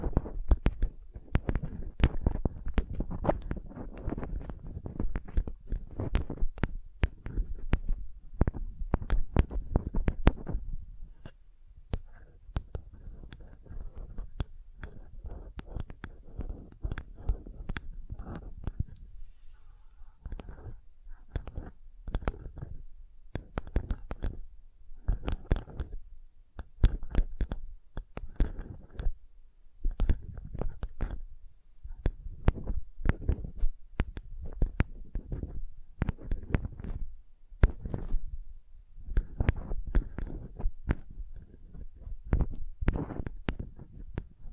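Soft, sensitive tapping in quick, uneven clusters, each tap a short, sharp knock with a low thud beneath it. The taps come densely through the first ten seconds, thin out into a sparse, quieter stretch around 12–20 seconds, then return in irregular bursts to the end.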